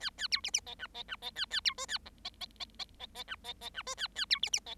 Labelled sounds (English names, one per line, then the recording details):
Bengalese Finch song
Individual Bird7